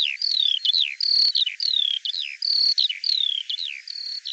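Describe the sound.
Bird song of long descending slurred whistles alternating with short chirps and a brief steady tone, in quick succession.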